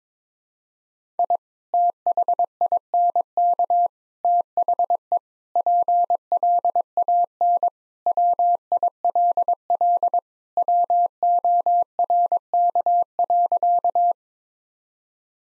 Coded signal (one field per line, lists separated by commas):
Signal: Morse code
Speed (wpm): 22 wpm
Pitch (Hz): 700 Hz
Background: none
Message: I THINK THE PLAN WILL WORK.